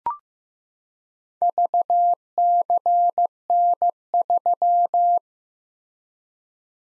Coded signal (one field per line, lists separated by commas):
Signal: Morse code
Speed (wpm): 15 wpm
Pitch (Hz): 700 Hz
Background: none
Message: VCN3